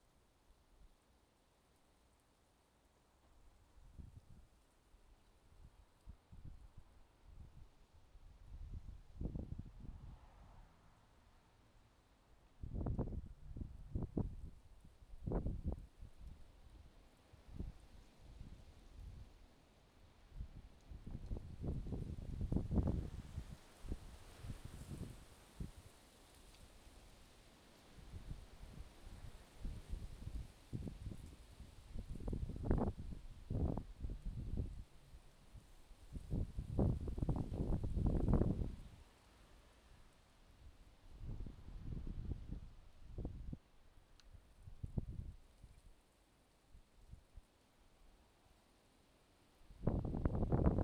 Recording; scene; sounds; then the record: everyday scene through a hearing-aid microphone; wind on the microphone; wind, traffic, birds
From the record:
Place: suburban garden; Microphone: in the ear canal, left